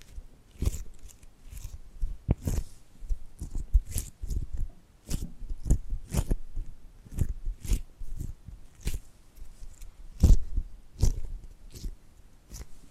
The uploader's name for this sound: Tapping and Gripping Sounds